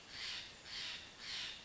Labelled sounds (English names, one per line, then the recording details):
Steller's Jay
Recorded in Sonoma County, California